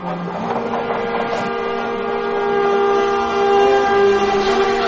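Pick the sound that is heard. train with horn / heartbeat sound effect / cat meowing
train with horn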